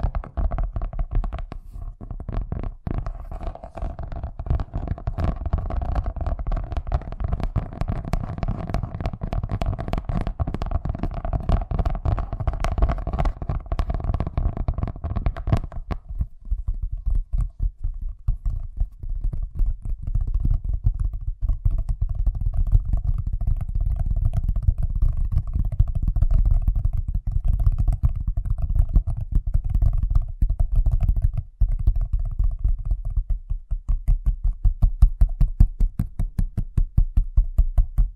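Fast tapping runs without a break for the whole stretch, a dense stream of quick, sharp clicks over a low thumping rumble. For the first fifteen seconds a steady mid-pitched tone rings beneath it. After that the tapping continues drier and slightly sparser.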